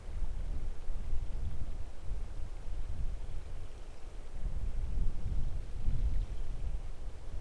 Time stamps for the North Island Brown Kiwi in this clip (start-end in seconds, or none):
none